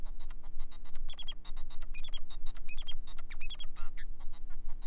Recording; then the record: song of a male Bengalese finch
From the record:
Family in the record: son of father 4